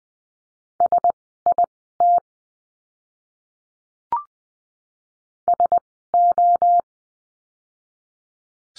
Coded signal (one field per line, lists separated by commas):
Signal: Morse code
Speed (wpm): 20 wpm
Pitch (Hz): 700 Hz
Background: none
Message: SIT SO